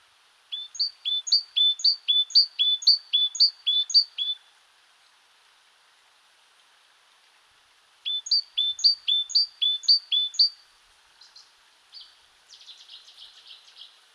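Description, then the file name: Great tit song: bright, rhythmic two-note phrases repeated many times, a pause, then another run followed by softer, buzzy chattering notes. "Parus major"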